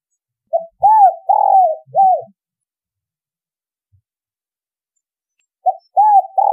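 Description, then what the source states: Spotted dove cooing: one full phrase of four notes, the third longer and rougher, then silence, then the next phrase beginning. Vietnamese cooing style called giọng thổ đồng.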